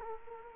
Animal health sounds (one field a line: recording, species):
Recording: mosquito wingbeat signal from an infrared sensor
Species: Culex quinquefasciatus